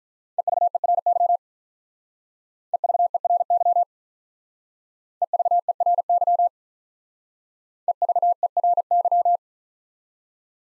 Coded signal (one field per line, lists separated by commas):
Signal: Morse code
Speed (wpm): 43 wpm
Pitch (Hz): 700 Hz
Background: none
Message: EVERY EVERY EVERY EVERY